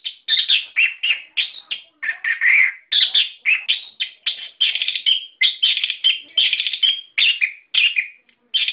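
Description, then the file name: Songbird pouring out rich, harsh trilled bursts, one after another with hardly a gap. Masteran song for training cage birds. "ak masteran"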